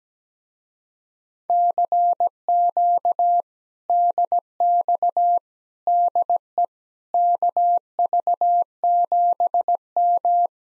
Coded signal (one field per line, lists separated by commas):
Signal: Morse code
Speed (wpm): 17 wpm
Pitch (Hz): 700 Hz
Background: none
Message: CQ DX DE KV7M